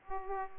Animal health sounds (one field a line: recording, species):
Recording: mosquito wingbeat signal from an infrared sensor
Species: Aedes aegypti